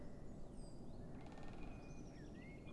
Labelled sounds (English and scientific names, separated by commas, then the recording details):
Great Spotted Woodpecker (Dendrocopos major)
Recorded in Germany
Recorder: ecoPi